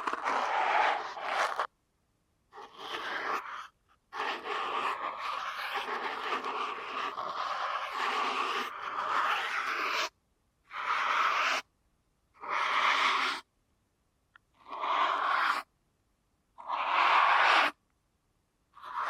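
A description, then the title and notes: Airy rubbing and muffled scratching from an ear massage, with a hissy, breath-like texture. The first ten seconds run almost continuously with brief pauses; after that it breaks into separate strokes about a second long, each followed by near silence. ASMR Deep Ear Canal Massage for Sleep (No Talking).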